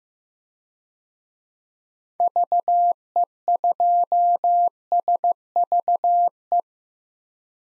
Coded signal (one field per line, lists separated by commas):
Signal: Morse code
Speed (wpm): 15 wpm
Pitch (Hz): 700 Hz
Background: none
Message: VE2SVE